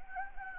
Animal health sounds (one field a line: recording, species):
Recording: mosquito wingbeat signal from an infrared sensor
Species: Anopheles gambiae